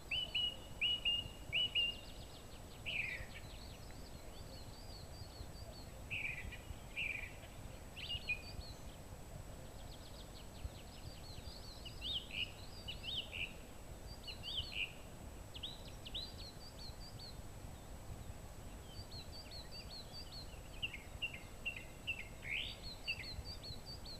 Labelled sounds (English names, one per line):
Song Thrush song